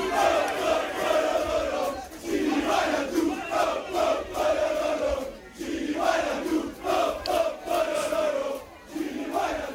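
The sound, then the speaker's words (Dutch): Hundreds of AS Roma football fans chant loudly in unison at the airport in Rome, welcoming Georginio Wijnaldum. The rhythmic bursts of voices rise and fall in repeated phrases, with brief dips between chants. “Op het vliegveld werd hij opgewacht door honderden fans van AS Roma.”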